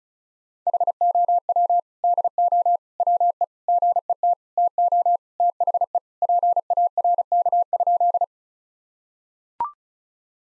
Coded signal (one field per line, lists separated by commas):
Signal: Morse code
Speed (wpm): 34 wpm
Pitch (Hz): 700 Hz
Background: none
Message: HOW DO WE GET TO THE PARK?